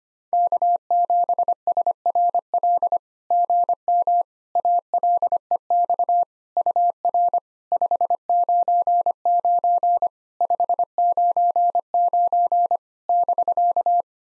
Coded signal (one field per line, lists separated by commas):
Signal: Morse code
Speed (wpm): 25 wpm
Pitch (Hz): 700 Hz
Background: none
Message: K7SRL GM ALEX UR 599 599 <BK>